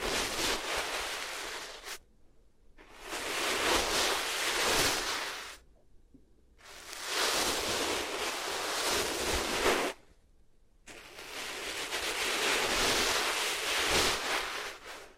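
Ears rubbed against materials make four long bursts of dense, rushing scratchy noise, swelling and fading, separated by brief near-silent pauses.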